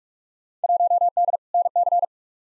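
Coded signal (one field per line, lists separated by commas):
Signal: Morse code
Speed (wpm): 45 wpm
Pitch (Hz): 700 Hz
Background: none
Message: 1D NC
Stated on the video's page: Head-copy drill of Field Day exchanges sent at 45wpm, each exchange sent twice.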